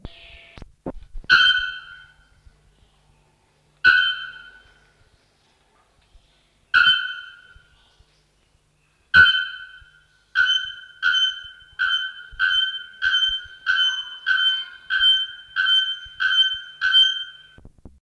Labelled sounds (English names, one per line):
Bare-throated Bellbird call